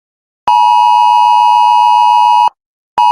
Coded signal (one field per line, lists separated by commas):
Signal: Emergency Alert System (SAME) tones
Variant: 853 and 960 Hz attention tone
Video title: eas scenario 5: Zombie